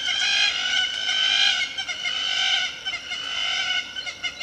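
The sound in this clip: Hamerkop calling in a loud, continuous, harmonic chatter of overlapping nasal notes, with brief pauses and stuttering bursts.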